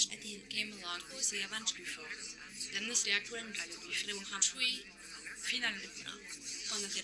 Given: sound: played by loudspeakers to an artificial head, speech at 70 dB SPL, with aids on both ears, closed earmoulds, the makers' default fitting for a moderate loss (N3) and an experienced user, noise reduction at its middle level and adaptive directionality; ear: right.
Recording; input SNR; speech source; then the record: speech test signal (ISTS) in cocktail-party noise; 0 dB; in front (0 degrees)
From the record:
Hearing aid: class 1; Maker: H